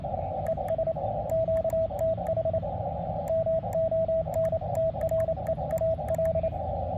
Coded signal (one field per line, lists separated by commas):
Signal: Morse code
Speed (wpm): 28 wpm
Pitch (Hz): 650 Hz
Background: radio noise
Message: ES QTH MONTREAL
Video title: Understanding Amateur Radio and Morse Code